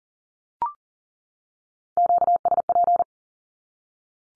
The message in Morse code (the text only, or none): QSP